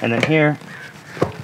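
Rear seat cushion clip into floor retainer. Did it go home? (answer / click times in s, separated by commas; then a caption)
yes / 1.2 s. Someone talks briefly, then a single short click sounds at 1.2 s as the rear seat cushion of a 2012–2015 VW Passat TDI is pushed down after refitting the in-tank fuel pump (lift pump). Its plastic clip engages the floor retainer, just like the previous clips, and the cushion is seated.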